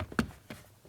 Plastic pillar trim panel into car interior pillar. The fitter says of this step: So this, here we go, it just snaps in place and I don't have this bottom hand yet.